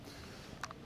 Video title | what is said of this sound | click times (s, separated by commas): MP40 - Quick Commentary | So pull it back and then upward and it clicks into place here. | 0.6 s